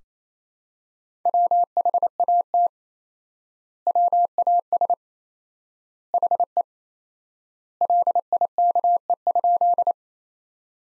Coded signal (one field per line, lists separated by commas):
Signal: Morse code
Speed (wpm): 28 wpm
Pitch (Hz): 700 Hz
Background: none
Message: WHAT WAS HE LIKE?